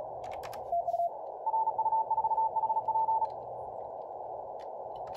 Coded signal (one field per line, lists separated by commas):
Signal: Morse code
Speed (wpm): 36 wpm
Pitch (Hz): 890 Hz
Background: radio noise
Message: RU4HP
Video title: Morse runner running practice